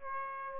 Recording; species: mosquito wingbeat signal from an infrared sensor; Aedes albopictus